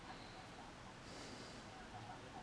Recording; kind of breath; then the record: one breath in and out by a microphone near the nose and mouth; normal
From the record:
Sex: male